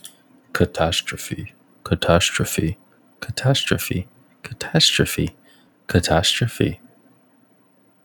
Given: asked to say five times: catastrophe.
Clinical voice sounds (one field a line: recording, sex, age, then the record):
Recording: repeated word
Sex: male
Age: 20 to 29 years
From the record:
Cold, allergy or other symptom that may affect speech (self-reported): no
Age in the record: 24 years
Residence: Texas, United States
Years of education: 14